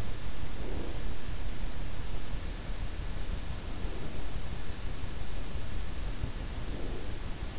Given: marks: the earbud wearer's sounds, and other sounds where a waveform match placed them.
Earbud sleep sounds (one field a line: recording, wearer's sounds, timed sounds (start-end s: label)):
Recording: sounds in sleep by an in-ear microphone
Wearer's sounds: breath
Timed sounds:
0.57-1.09 s: breath
6.62-7.17 s: breath